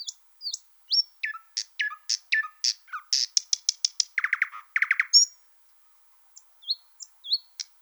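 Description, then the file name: Thrush nightingale song: loud clicking notes, sharp falling whistles, then a hard rattling trill repeated twice, followed by a pause and a few soft high notes. "solovey obyknovennyy golos"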